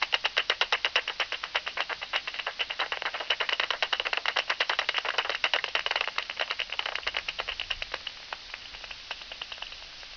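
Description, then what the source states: Bat echolocation calls rendered as a rapid train of dry, rattling clicks, dense and steady at first, then thinning and fading toward the end. Bat calls on 27 August 2002.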